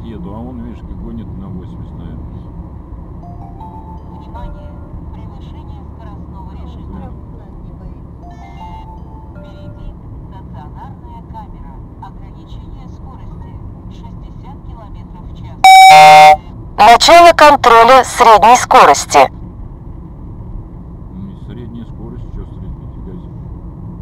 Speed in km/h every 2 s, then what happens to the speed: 56, 57, 58, 57, 51, 49, 48, 47, 47, 48, 49, 50.
0-7 steady at about 57. 7-14 slows to 47. 14-24 steady at about 48.